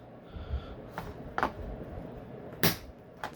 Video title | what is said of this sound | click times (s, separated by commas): MOTU Origins Wave 2 Orko and Scare Glow Unboxings | that pops right in | 2.6 s